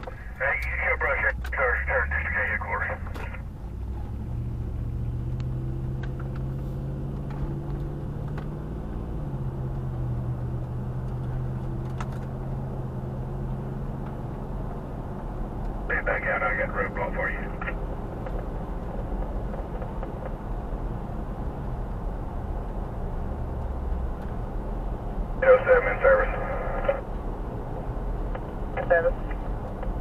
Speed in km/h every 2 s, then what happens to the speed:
15, 21, 32, 52, 56, 63, 71, 77, 81, 82, 82, 82, 82, 82, 84.
0-14 speeds up to 77. 14-30 steady at about 82.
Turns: 0-4.